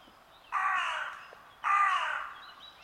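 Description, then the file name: Carrion crow giving two harsh, drawn-out caws about a second apart, each roughly a second long and fading at the end. "Corvus corone"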